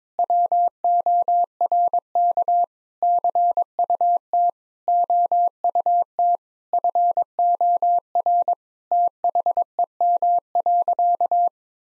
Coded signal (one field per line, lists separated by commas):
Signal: Morse code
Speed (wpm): 22 wpm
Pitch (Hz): 700 Hz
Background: none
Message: WORK CUT OUT FOR THEM.